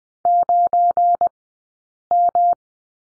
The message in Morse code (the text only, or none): 9M